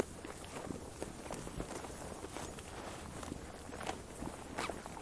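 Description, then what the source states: Sheep munching grass, irregular crunchy bites and soft rips following one another closely over a low background hiss. Sheep chewing while eating grass.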